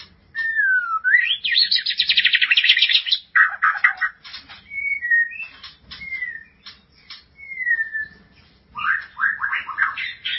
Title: Kicau Murai Batu